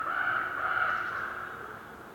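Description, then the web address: Raven giving one drawn-out hoarse croak that fades out. Raven croaking in a winter forest during a windy, whistling blizzard with snow, North Laurentian Woods, Canada. "WINTER Forest windy whistling blizzard snow with raven bird croaking, North Laurentian Woods, Canada. GDC 2018-Game Audio Bundle"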